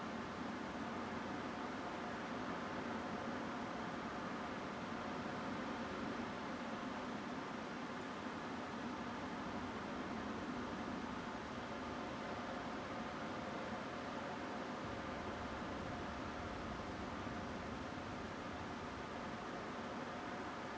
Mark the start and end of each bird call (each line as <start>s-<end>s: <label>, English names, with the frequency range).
8.00s-8.03s: Song Thrush (6.8-7.2 kHz)